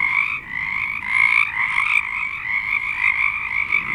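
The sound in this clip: Chorus of frogs with constant overlapping trilled calls forming a steady pulsing drone, a few faint higher squeaks mixed in.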